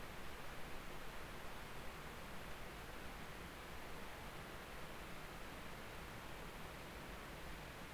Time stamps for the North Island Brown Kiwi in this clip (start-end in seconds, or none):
none